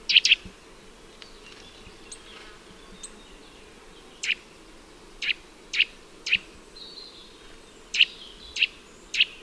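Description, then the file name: Eurasian nuthatch giving short, sharp high call notes, spaced irregularly and more frequent in the second half, over a steady low background hum. "Sitta europaea"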